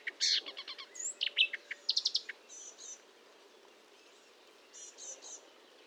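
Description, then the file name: Marsh warbler song, a short burst of harsh chattering and whistled notes in the first half, then mostly quiet with faint chirps. Recorded at Fontaine-Française (Fourneau), France, on 1 June 2022 at 10:55, using a Nagra recorder with a Telinga parabolic microphone. "Rousserolle verderolle 20220601 1055 Fontaine-Francaise-Fourneau-Nagra-Telinga"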